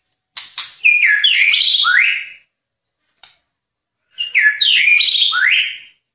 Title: Kicau Murai Batu